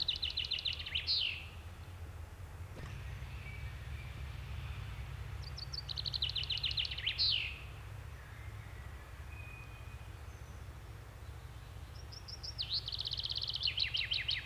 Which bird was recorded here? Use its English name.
Common Chaffinch